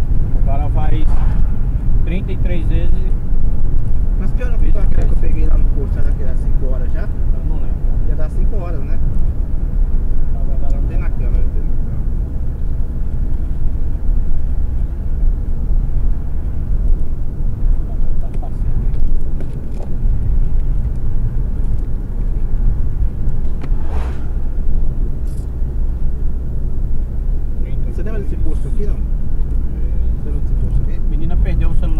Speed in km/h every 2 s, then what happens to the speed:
68, 67, 66, 66, 65, 63, 63, 64, 63, 59, 59, 58, 58, 56, 54, 53.
0-16 steady at about 65. 16-32 slows to 53.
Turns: none.